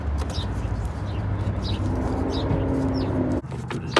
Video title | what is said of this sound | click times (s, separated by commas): Installing Signal Light Bulb in a Toyota Tundra 2007-2019 | I'm gonna push it until it locks in place. | 4.0 s